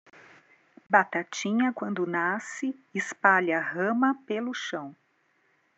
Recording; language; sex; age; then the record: short text; Brazilian Portuguese; female; 50 to 59 years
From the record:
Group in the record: control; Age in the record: 53 years